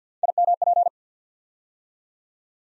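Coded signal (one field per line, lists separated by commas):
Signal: Morse code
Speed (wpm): 48 wpm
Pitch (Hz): 700 Hz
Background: none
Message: IMP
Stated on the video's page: Morse practice sending nine-letter words three letters at a time at 50 wpm, for instant character recognition training.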